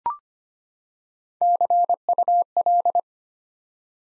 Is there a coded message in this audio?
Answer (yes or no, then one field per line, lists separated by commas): yes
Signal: Morse code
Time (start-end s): 1.4-3.0 s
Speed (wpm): 25 wpm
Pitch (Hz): 700 Hz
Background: none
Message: CUL